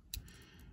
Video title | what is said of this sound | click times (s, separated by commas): Victorinox Explorer - SAK Saturday | and snaps in Place let's call it snap | 0.1 s